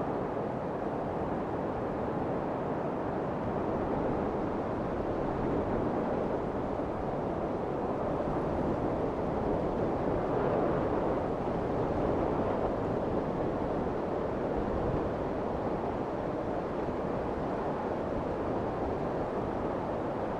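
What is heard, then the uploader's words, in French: Wind moves softly through the trees in a steady, dense rush that holds nearly the same level for the whole twenty seconds. The sound is low and full, fading toward the top, with only slight swells around the middle and no distinct events. Plongez au cœur d'une forêt enchantée, où le doux murmure du vent entre les arbres évoque une mélodie apaisante.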